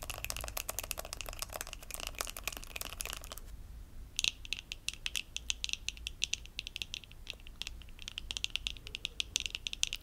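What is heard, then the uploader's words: Rapid tapping of nails on hard surfaces like glasses and teeth, a dense run of crisp, bright clicks for the first few seconds. A brief pause follows, broken by one sharp tap near four seconds, then the quick clicking resumes over a low, steady hum. ASMR Body Tapping - glasses, teeth, nail, cheek & collarbone tapping, no talking.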